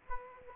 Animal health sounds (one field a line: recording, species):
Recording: mosquito wingbeat signal from an infrared sensor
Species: Aedes aegypti